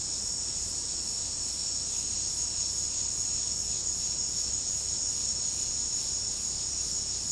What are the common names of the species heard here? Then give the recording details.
none. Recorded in secondary vegetation near Puerto Asís, Putumayo, Colombia, on 18 February 2024 at 16:00. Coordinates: 0.489, -76.322. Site G6419